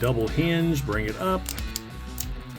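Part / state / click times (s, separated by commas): hand peg on a figure arm into a body slot / seated / 2.2 s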